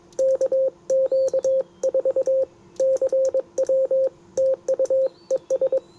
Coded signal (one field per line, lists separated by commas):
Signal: Morse code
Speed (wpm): 22 wpm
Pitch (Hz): 530 Hz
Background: radio noise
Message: KQ4 CW TU ES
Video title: Yaesu FT-710 CW and SSB POTA Activation